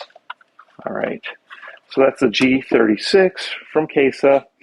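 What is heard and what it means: The folding stock of a plastic Caissa G36 toy gel blaster is lifted slightly off the clip that holds it against the side of the body. Several short plastic snaps sound, the loudest at 0.3 s, as the stock unlatches and is released. Someone then talks.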